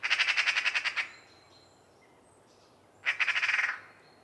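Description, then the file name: Eurasian magpie rattle call in two bursts: a longer harsh chatter of many rapid notes, a pause of about two seconds, then a shorter rattle. "Pica pica"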